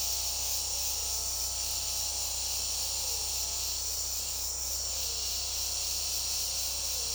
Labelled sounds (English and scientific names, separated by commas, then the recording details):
none
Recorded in secondary vegetation near Puerto Asís, Putumayo, Colombia, on 21 February 2024 at 16:30
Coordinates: 0.489, -76.322
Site G6419